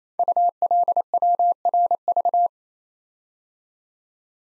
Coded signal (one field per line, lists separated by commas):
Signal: Morse code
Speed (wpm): 29 wpm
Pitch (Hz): 700 Hz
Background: none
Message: ULWRV